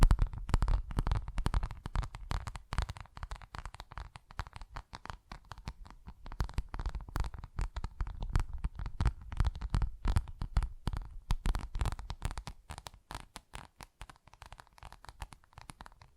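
Tapping and scratching on textured surfaces fill the whole sixteen seconds in a dense, uneven stream of crisp clicks and scrapes. Sharp taps come several times a second, some louder than others, over a soft low rumble that fades somewhat after the first few seconds.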